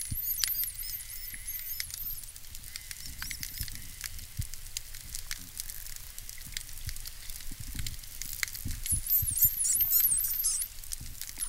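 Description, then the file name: Dolphin whistles, high and looping with quick up-and-down sweeps, strongest at the start and again near the end, over steady clicking and underwater crackle. "40 Dolphins"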